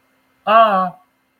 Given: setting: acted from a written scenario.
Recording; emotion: vocal sound without words; ecstasy